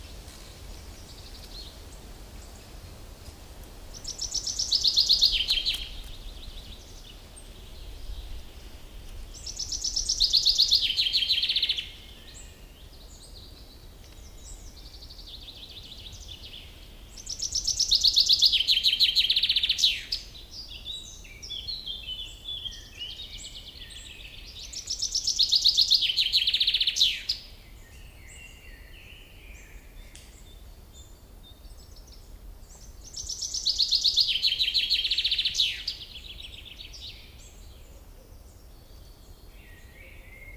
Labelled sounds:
Common Chaffinch (Fringilla coelebs) song
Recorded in the wild
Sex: male
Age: adult
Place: Briesetal, Brandenburg, DE
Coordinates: 52.6833, 13.2667
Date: 1997-05-17 19:05
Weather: sunny, 25°C
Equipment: Sony MD-WM MZ-R3, Sennheiser MKH 416 T, Kopie Uher 4000 Report Monitor
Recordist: Tembrock, Günter

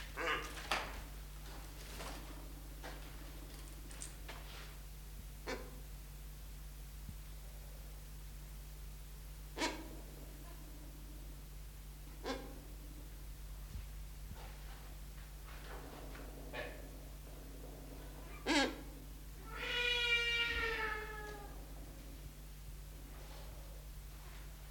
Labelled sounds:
Silvery-cheeked Hornbill (Bycanistes brevis) call
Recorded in captivity
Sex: male
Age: adult
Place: Zoo Berlin, Berlin, DE
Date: 1995-04-01 11:36
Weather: bedeckt - heiter, 6 - 8°C, böiger Wind
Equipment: Marantz CP 430, Sennheiser ME 80, Kopie Uher Variocord 263
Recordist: Tembrock, Günter

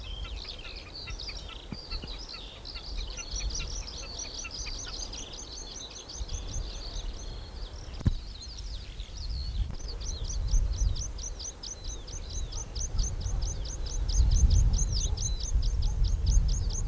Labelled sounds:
Common Snipe (Gallinago gallinago)
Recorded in the wild
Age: adult
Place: Seedorf, Insel Rügen, Mecklenburg-Vorpommern, DE
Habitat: meadow
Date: 1981-06-25 17:50
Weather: overcast, light rain shower, 14 -16°C, gusty winds
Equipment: Nagra SN, Kopie Uher 4200
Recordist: Tembrock, Günter

